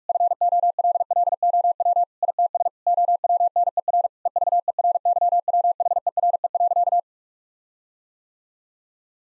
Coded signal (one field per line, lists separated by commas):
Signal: Morse code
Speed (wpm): 46 wpm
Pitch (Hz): 700 Hz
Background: none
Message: FOLLOW ITS OWNER EVERYWHERE.